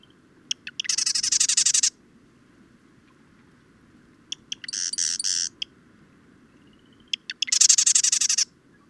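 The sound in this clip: Bird song repeated three times. Each phrase is a few sharp ticking notes followed by a fast, high, buzzy trill lasting about a second.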